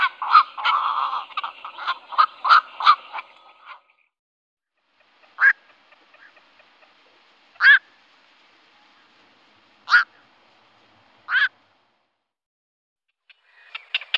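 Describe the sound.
Black-crowned night heron squawks: a burst of harsh, overlapping croaks at first, then single loud, hoarse 'quok' notes every one and a half to two and a half seconds with quiet between.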